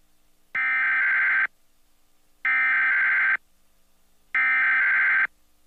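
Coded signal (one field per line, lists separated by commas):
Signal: Emergency Alert System (SAME) tones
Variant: header bursts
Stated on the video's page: Real EAS Weekly Test broadcast on WNED-TV, a New York/Ontario TV station.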